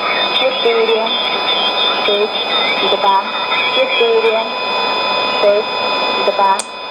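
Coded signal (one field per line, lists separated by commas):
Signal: numbers station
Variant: S06s, Russian female voice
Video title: 04 08 2016 Number station S06s Russian Lady to Eu 0910 on 7161 unknown tx site CUSB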